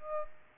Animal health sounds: mosquito wingbeat signal from an infrared sensor; Aedes aegypti

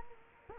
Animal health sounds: mosquito wingbeat signal from an infrared sensor; Culex quinquefasciatus

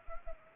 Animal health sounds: mosquito wingbeat signal from an infrared sensor; Anopheles arabiensis

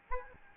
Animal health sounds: mosquito wingbeat signal from an infrared sensor; Aedes albopictus

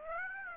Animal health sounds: mosquito wingbeat signal from an infrared sensor; Aedes aegypti

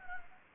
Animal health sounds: mosquito wingbeat signal from an infrared sensor; Anopheles gambiae

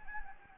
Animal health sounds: mosquito wingbeat signal from an infrared sensor; Anopheles gambiae

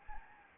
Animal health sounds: mosquito wingbeat signal from an infrared sensor; Anopheles gambiae

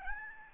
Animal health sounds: mosquito wingbeat signal from an infrared sensor; Aedes albopictus

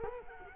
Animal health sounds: mosquito wingbeat signal from an infrared sensor; Culex quinquefasciatus

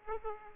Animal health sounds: mosquito wingbeat signal from an infrared sensor; Aedes aegypti

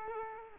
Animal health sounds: mosquito wingbeat signal from an infrared sensor; Culex quinquefasciatus

